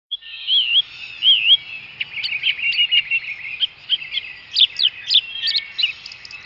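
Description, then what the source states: Bird singing: two wavering whistled phrases open, followed by a busy run of quick high chirps and twitters. Birds singing in the morning.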